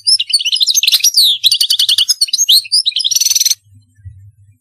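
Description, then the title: European goldfinch song with fast liquid twittering, a downslurred whistle and a dry rattling trill before the bird falls silent, with a faint low hum after. "Chant Chardonneret"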